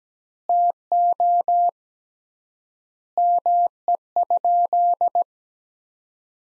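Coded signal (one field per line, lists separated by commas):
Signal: Morse code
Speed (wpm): 17 wpm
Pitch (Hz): 700 Hz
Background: none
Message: TO ME?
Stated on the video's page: Morse practice of sentences from the top 400 words at 17 wpm with 3x word spacing, a word-based Farnsworth-like method.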